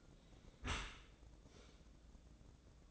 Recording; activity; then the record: daily activity, microphone in the room; close dishwasher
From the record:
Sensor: 3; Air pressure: 1012.3 hPa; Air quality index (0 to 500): 160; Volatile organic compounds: 2 ppm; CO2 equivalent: 1227 ppm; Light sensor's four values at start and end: 481/1180/486/480 and 482/1183/487/481